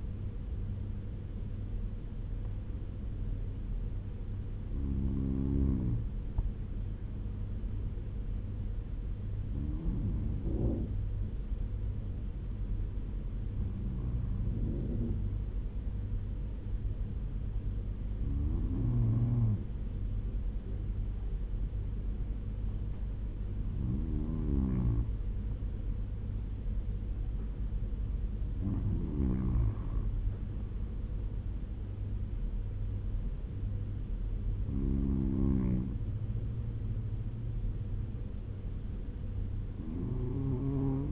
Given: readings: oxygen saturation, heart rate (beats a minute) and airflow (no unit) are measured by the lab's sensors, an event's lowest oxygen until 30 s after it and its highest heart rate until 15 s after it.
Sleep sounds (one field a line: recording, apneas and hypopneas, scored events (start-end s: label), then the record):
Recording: breathing in sleep by a smartphone at the bedside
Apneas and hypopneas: 1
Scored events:
8.00-31.80 s: hypopnea (N1, oxygen 97% highest, then 93% lowest, heart rate 81 at the start, 83 highest)
From the record:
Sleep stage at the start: N1 (lightest sleep)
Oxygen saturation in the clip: 96 to 97%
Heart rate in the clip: 73 to 83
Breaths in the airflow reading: 9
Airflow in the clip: -5.8 to 6.6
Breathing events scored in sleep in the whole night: 201 in 6.5 hours asleep